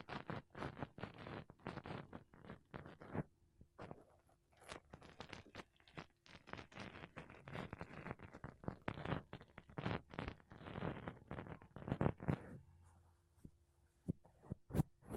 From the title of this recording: Mic Brushing Using Makeup Brushes and Sponge